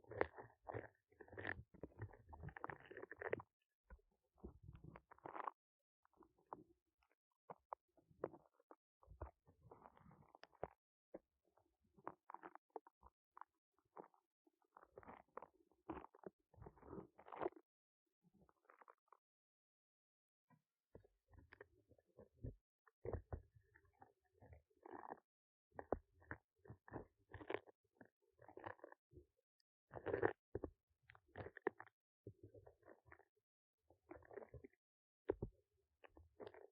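Squishy crackling and rubbing from ear cleaning with foam clay. Dense bursts of sticky pops and scrapes come in quick clusters, with a brief near-silent pause around the twenty-second mark before the kneading resumes just as busily.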